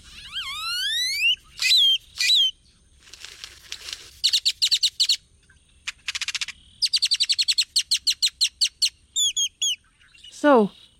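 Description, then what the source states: Great-tailed grackle song: rising squeaky whistles, bursts of static, fast clicking rattles and chattering runs, ending in a steep falling whistle. Male song, to attract mates and ward off rivals; Southwest; most complex grackle song, like squeaky hinges, static bursts and electronic yodels; evolved to carry through dense marshes and brushy nesting habitats.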